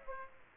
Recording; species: mosquito wingbeat signal from an infrared sensor; Aedes aegypti